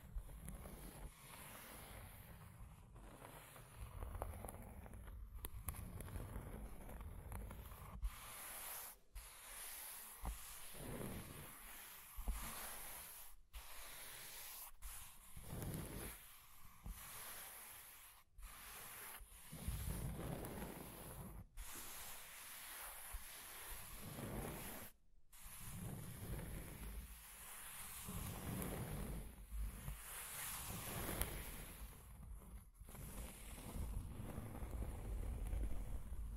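Scratching and tracing sounds fill the recording as a dense, rough rustle that swells and fades in short strokes every second or so. Brief near-silent breaks cut in at intervals, around 5, 15, 18 and 25 seconds, and the texture stays bright and hissy throughout.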